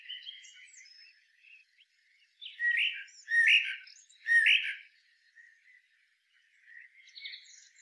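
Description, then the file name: Common blackbird song with three loud, rich fluted phrases about a second apart, each with thin high squeaks, framed by quieter warbling before and after. "Turdus merula"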